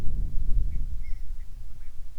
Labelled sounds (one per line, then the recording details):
wind
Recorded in the Prudhoe Bay oil fields, Alaska, on 25 July 2019 at 02:04
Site 11